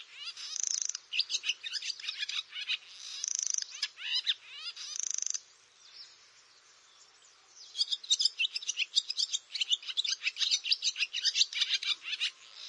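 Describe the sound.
Barn swallow twittering song with three short buzzy rattles among rapid chirps, a quiet pause of roughly two seconds, then a long, busy run of chattering notes.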